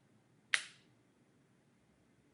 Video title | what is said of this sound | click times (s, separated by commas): Zepbound Week 38: Traveling & Maintaining Progress | click two and I usually wait a couple of seconds | 0.5 s